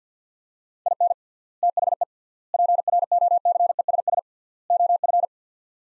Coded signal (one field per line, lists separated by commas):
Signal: Morse code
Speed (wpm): 50 wpm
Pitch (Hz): 700 Hz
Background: none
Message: IN THE PROCESS OF